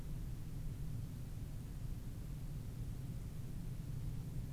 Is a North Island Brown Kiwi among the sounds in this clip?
no